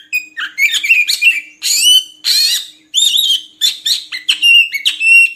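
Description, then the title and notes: Oriental magpie-robin song, dense rapid mix of rich whistles and rasping notes, continuous with only short breaks, faint hum beneath. Kacer song meant as training material so kept magpie-robins sing actively (gacor) day and night. "Kacer Jadi Gacor Siang Malam. Isian Kacer Durasi Panjang"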